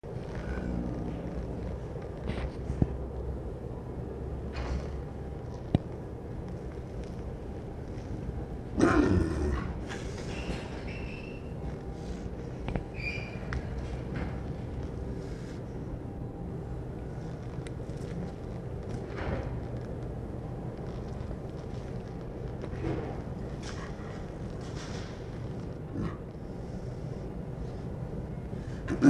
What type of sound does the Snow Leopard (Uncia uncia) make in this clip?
call